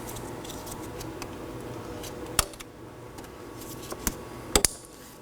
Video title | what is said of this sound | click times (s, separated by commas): How to Replace Ignition Coils 2013-2019 Nissan Sentra 1.8L L4 | Make sure you hear an audible click and make sure it doesn't wiggle. | 4.6 s, 4.7 s